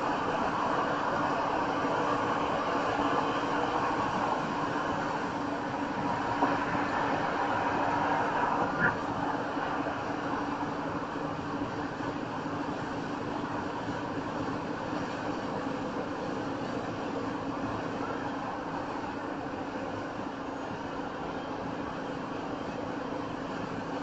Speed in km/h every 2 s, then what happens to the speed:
100, 100, 100, 100, 100, 100, 100, 103, 105, 105, 105, 103.
0-24 steady at about 100.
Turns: none.